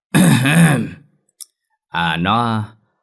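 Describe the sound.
A voice clears its throat in two short, voiced bursts, the second slightly higher and steadier, with a tiny click in the pause between them.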